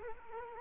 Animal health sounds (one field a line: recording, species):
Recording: mosquito wingbeat signal from an infrared sensor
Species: Culex quinquefasciatus